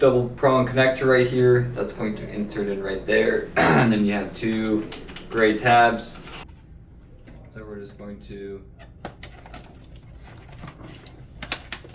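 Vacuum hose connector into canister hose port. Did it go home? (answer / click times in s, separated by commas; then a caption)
yes / 11.4 s, 11.5 s. Someone talks, then the double-prong connector with two gray tabs on a Prolux QX Series vacuum hose is pushed into the canister's hose port after a few soft handling knocks. It clicks at 11.4 s and 11.5 s, showing it is locked into place.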